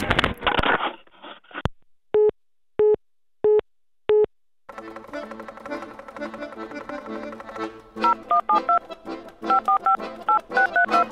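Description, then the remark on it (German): After a brief rustling scrape, four evenly spaced, steady busy-signal beeps sound alone from a mobile phone, followed later by a quick run of two-tone mobile phone keypad presses over a dense, humming tonal background. “Das ist dein Handy.”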